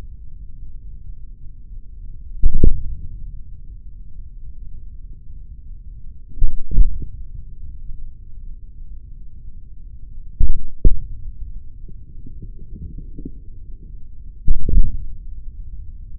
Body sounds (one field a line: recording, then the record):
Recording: forearm muscle sounds (acoustic myography)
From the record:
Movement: hand closing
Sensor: system 3, bracelet of six PUI Audio POM-2738L microphones around the upper forearm, with dedicated amplification and filtering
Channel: 6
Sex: male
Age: 56 years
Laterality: right